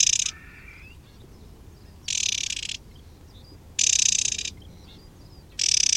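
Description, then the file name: White-eye alarm: loud, grating buzzy bursts under a second long at irregular intervals, with a faint rising thin note after the first burst. "suara alarm warbler kacamata"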